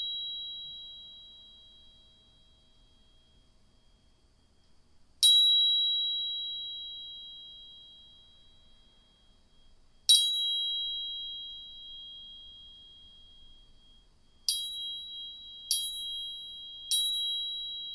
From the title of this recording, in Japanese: 音叉チューニング2本